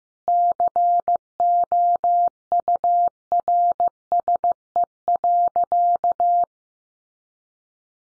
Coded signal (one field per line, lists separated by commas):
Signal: Morse code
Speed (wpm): 15 wpm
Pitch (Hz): 700 Hz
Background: none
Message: COURSE.